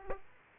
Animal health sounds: mosquito wingbeat signal from an infrared sensor; Aedes aegypti

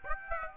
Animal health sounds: mosquito wingbeat signal from an infrared sensor; Aedes aegypti

